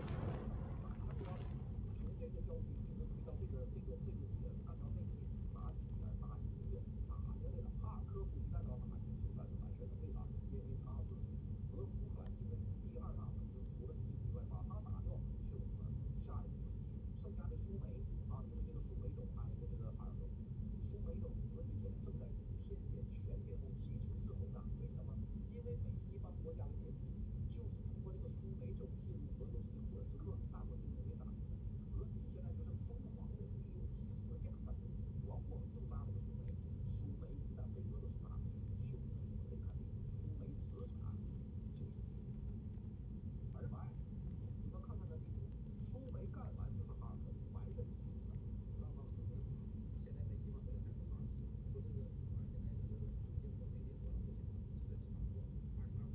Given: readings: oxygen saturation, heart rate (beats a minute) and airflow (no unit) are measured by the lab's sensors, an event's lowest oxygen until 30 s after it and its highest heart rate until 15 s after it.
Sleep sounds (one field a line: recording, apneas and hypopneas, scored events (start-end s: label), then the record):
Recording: a person awake in a sleep study, by a smartphone at the bedside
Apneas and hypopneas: none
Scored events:
0.00-56.15 s: awake
From the record:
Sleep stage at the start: awake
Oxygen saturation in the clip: 93 to 96%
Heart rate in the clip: 71 to 82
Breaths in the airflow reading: 10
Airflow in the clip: -7.3 to 7.2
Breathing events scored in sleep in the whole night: 131 in 7.2 hours asleep